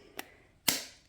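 An autoinjector pen is held against the skin and its button is pressed. A faint tick at 0.2 s is followed by a loud, sharp click at 0.7 s. That first click means the injection has started but is not yet complete.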